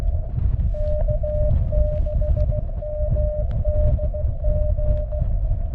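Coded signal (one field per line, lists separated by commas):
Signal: Morse code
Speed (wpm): 17 wpm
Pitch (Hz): 600 Hz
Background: none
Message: K6MDG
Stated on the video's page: 20M CW contacts during a Summits on the Air activation of Mount Adams.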